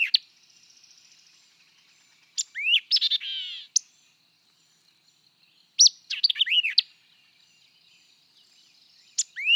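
White-eyed vireo singing varied quick phrases of sharp chips, slurred whistles and a buzzy trill, repeated about every three to four seconds.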